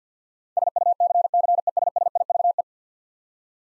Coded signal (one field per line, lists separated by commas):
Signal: Morse code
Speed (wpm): 47 wpm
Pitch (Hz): 700 Hz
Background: none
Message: SUCCESSIVE